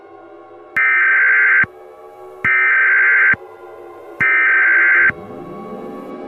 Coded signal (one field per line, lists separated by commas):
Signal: Emergency Alert System (SAME) tones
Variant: header bursts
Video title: EAS Scenario #14 Alien Attack